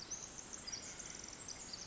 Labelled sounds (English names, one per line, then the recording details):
Pacific Wren
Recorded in Sonoma County, California